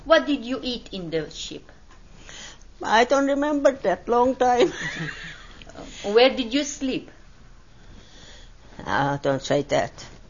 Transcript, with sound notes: What did you eat in the ship?
I don't remember that. Long time. ( she laughs )
Where did you sleep?
Ah, don't say that.